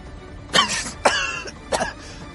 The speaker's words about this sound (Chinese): 车厢里大家被单兵云爆弹发射时轰出的硝烟给熏得咳嗽起来。